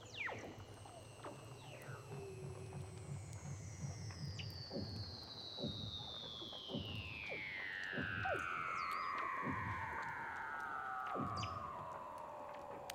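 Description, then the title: Weddell seal underwater calls: a long gliding whistle descending steadily over about twelve seconds, with pulsed clicks and short chirps around it. "Douglas Quin - Weddell Seals (Underwater)"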